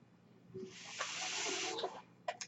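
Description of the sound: A steady airy hiss lasting about one and a half seconds, the breath cycle of a person's own mechanical ventilator.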